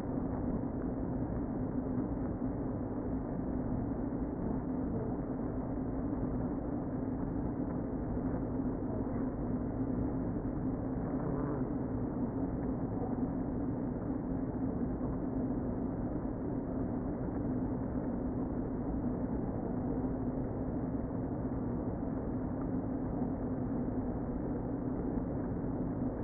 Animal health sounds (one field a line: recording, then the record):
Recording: honeybee colony, microphone inside the hive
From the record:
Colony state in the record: queen present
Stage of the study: before two queens were removed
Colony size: about 60,000 bees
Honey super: yes